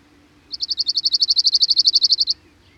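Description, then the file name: Cirl bunting song, a level rattle of roughly twenty fast repeated high notes held for nearly two seconds, with quiet before and after. "Cirl Bunting (Emberiza cirlus)"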